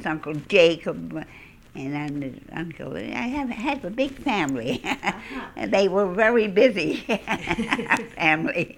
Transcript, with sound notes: Uncle Jacob, and aunt, uncle, I have a big family. ( she laughs ) They were a very busy family.